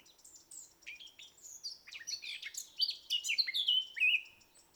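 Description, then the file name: Eurasian blackcap song, busy twittering notes building to loud, clear fluted notes at the end. "Sylvia atricapilla"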